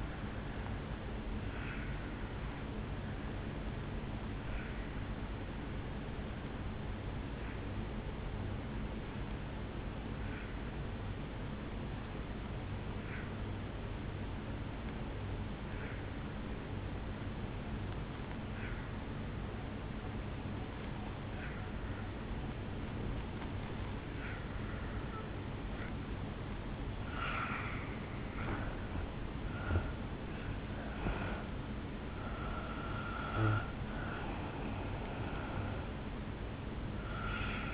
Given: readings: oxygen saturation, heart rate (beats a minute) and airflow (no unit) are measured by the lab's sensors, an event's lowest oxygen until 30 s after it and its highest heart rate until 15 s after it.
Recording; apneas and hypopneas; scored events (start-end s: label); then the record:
breathing in sleep by a voice recorder at the bedside; 1
7.00-29.90 s: obstructive apnea (N1, oxygen 92% highest, then 82% lowest, heart rate 60 at the start, 73 highest)
From the record:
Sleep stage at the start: N1 (lightest sleep); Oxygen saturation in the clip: 86 to 92%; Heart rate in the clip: 60 to 73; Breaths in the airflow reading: 2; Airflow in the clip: -7.2 to 4.8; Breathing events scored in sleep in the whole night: 449 in 7.0 hours asleep